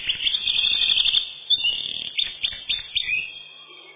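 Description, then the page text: Eurasian wren song: a rapid, high, jumbled run of twittering notes and trills that carries on for several seconds. "Крапивник, или подкоренник, орешек (лат. Troglodytes troglodytes)"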